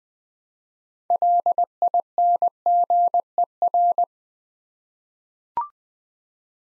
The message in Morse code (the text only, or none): LINGER